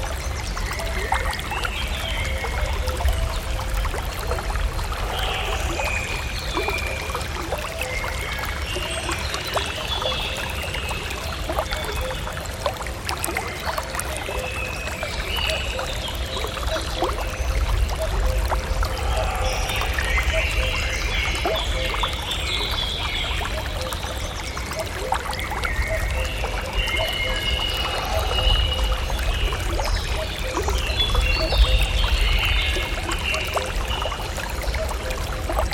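Water runs steadily beside a forest stream, a dense, even trickle and pour with a low rumble underneath and frequent small splashes. Bird-like chirps and calls rise and fall in the upper range throughout, busiest around the middle and toward the end.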